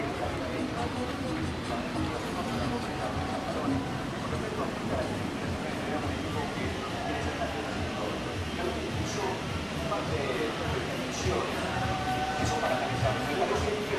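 Walking down 5th Avenue in Playa del Carmen, a steady, dense murmur of many voices fills the whole stretch without a break. Brief brighter clicks and clatters surface now and then, a few near the end, over a constant low rumble beneath the crowd.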